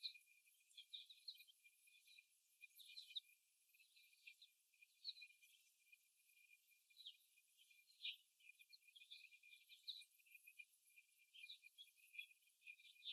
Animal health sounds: young laying hens in a cage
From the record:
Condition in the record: before the stressor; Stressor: simulated dog barking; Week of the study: 1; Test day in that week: 1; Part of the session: 1

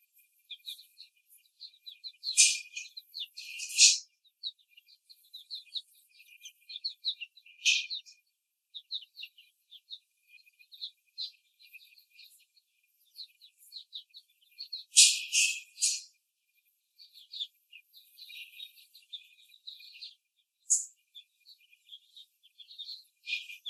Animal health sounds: young laying hens in a cage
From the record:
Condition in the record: before the stressor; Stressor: simulated dog barking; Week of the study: 3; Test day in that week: 2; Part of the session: 1

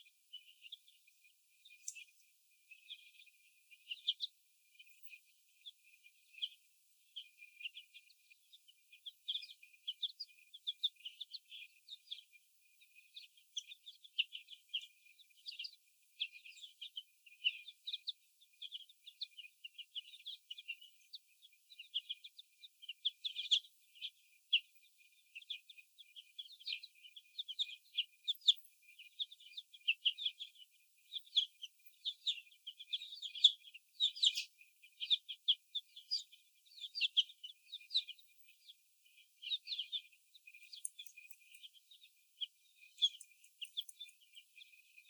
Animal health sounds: young laying hens in a cage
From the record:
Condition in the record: after the stressor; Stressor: sudden umbrella opening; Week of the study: 2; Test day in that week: 1

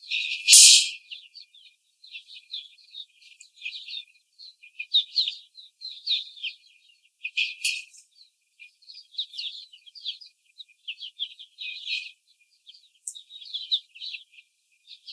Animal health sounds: young laying hens in a cage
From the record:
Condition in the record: before the stressor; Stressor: simulated dog barking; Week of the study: 4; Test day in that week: 3

